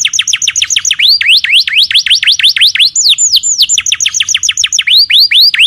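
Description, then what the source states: Canary giving a series of loud, sharply falling-and-rising whistled notes repeated several times a second, broken by a few higher slurred notes. Young canary; tutoring sound used to train young canaries to sing.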